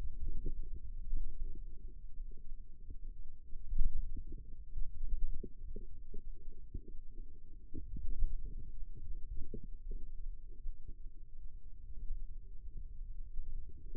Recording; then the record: forearm muscle sounds (acoustic myography)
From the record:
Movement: inward rotation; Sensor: system 2, bracelet of six BSWA MPA416 microphones around the upper forearm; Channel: 3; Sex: female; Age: 22 years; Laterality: right